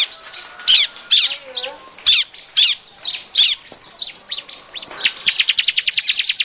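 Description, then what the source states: Bar-winged prinia giving scattered sharp high chirps and a few thin whistles, then a fast, evenly spaced run of ticking notes in the last seconds. Noisy calls, used as a lure to attract birds.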